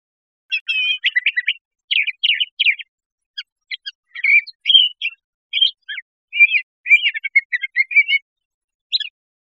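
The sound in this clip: Crissal thrasher song: a long string of varied, short, scratchy and whistled phrases, each given in quick bursts with brief pauses, against silence.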